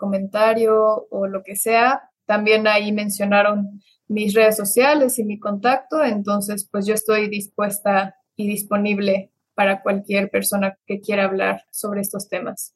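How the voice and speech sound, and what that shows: A woman speaks fluent Spanish in clear, steady phrases with natural pauses and a comfortable mid-range pitch. Articulation is crisp and the voice is smooth, with no hoarseness or hesitation: ordinary adult speech heard in a quiet room.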